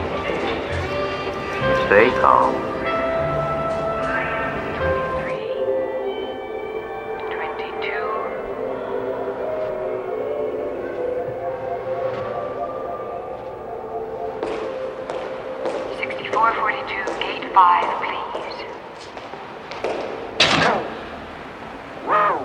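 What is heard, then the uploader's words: At the Duomo in Siena, many voices murmur steadily, with scattered knocks and footsteps later and one sharp bang near the end. Duomo, Siena, Italy.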